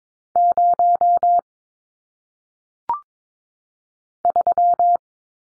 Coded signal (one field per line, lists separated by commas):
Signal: Morse code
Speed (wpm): 22 wpm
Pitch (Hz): 700 Hz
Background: none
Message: 0 3